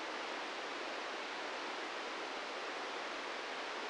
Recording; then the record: brain microelectrode recording played as sound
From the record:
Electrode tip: inside the subthalamic nucleus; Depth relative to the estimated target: -1 mm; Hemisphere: left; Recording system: NeuroSet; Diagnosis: Parkinson's disease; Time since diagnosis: 13 years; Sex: male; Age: 66 years